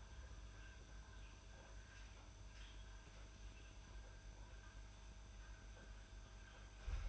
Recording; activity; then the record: daily activity, microphone in the room; make coffee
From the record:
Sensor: 2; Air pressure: 991.6 hPa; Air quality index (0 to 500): 187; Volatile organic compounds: 1000 ppm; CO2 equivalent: 6107 ppm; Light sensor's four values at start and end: 31/95/37/35 and 31/95/37/35